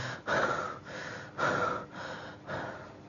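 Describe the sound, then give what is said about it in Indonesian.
A person imitates the heavy panting of an angry person: a quick, steady run of about six harsh, airy breaths, alternating louder and softer strokes with no words. “Nafasnya ngos-ngosan, kata orang.”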